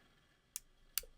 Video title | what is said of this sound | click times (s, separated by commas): Fusion 360 Tutorial: 3D-Printed Folding Utility Knife / PART 1 of 2 | another click one thing I think I'm going to show or One update | 0.6 s, 1.0 s